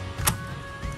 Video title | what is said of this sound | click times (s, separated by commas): Panduan Upgrade MN99s full optional Metal part Tampang kalem jeroan Hedon habis 6 Juta Omewa_Project | ini sudah terkunci kita angkat ya ini | 0.3 s